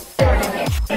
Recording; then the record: background sound without coughing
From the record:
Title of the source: Nightlife Party Simulating Party Club Noise 1 Hour